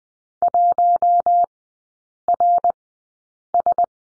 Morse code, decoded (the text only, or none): 1RS